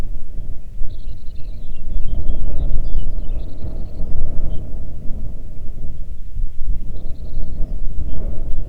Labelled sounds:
songbird, wind
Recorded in the Arctic National Wildlife Refuge, Alaska, on 3 June 2019 at 04:33
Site 37

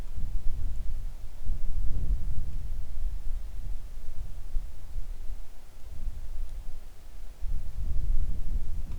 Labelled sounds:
wind
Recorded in the Arctic National Wildlife Refuge, Alaska, on 3 August 2019 at 10:17
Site 41

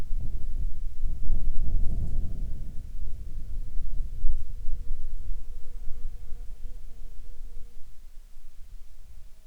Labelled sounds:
wind, insects
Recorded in Ivvavik National Park, Yukon, on 15 July 2019 at 12:12
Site SINP03

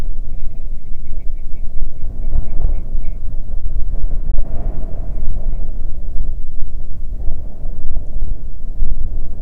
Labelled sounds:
grouse or ptarmigan, wind
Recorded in the Prudhoe Bay oil fields, Alaska, on 15 May 2019 at 00:31
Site 24

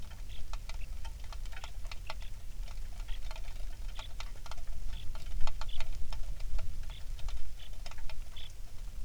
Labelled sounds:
songbird, rain
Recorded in the Prudhoe Bay oil fields, Alaska, on 27 July 2019 at 18:07
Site 19

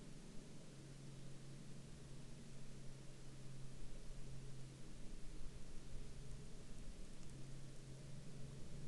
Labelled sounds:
aircraft
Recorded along the Dalton Highway, Alaska, on 7 April 2019 at 22:32
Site 03

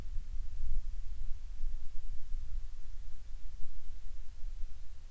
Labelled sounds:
near silence
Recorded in the Prudhoe Bay oil fields, Alaska, on 10 July 2019 at 14:41
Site 14

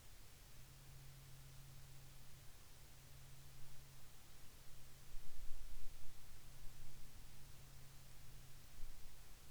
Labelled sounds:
aircraft
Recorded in the Arctic National Wildlife Refuge, Alaska, on 6 August 2019 at 11:10
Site 40

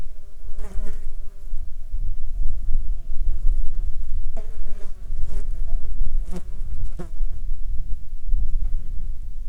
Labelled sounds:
insects
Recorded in Ivvavik National Park, Yukon, on 8 July 2019 at 17:45
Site SINP03

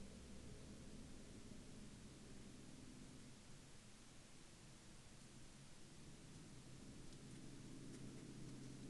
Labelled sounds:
aircraft
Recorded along the Dempster Highway, Canada, on 11 April 2019 at 01:15
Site 16

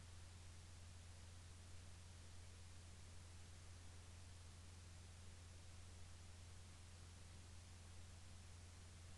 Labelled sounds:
near silence
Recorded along the Dempster Highway, Canada, on 30 March 2020 at 22:20
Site 24

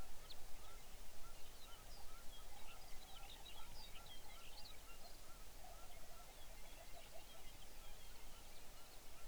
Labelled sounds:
songbird, waterfowl, grouse or ptarmigan
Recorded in the Arctic National Wildlife Refuge, Alaska, on 23 May 2019 at 05:29
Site 49

